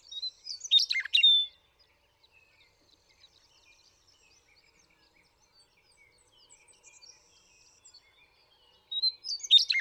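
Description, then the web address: Western meadowlark song: two rich, gurgling phrases of quick whistled notes, one at the start and one at the end, with faint twittering between. "birdsongforthecurious Western Meadowlark"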